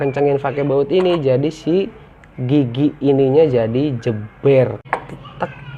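A CVT pulley component is being handled onto the scooter transmission shaft while someone talks throughout. Two short, sharp metallic knocks come near 5.1 and 5.4 seconds. Nothing has seated or clicked into place yet.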